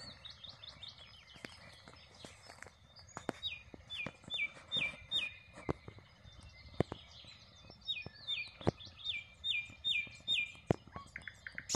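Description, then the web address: Common nightingale song: two bouts of repeated falling notes given in quick succession, separated by softer scattered notes and clicks. "rossignol ordinaire chant du rossignol"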